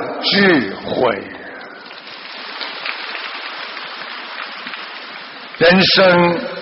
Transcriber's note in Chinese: 掌声